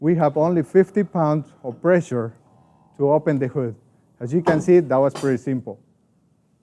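A man talks while a light molded Mack Anthem truck hood is tilted open with about 50 pounds of pressure. The hood's automatic hold-open lock on the hinge, which keeps the hood from being closed by wind or someone else, has not clicked into place yet. No distinct click is heard in the clip.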